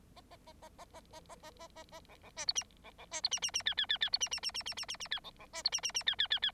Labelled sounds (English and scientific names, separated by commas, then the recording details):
Bengalese Finch (Lonchura striata domestica) song
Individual Bird9